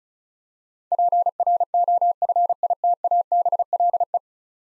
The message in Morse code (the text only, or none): PROFITABLE